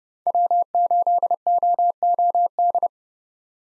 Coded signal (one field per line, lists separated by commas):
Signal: Morse code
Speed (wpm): 30 wpm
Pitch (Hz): 700 Hz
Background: none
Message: W8OOD